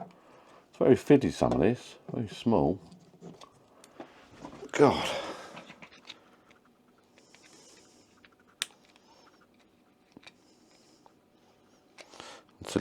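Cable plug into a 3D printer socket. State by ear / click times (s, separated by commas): seated / 8.6 s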